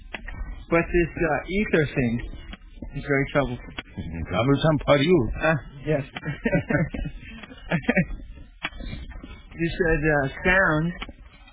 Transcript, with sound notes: But this ether thing is very troublesome.
Troublesome for you. [laughter]
Yes. You said sound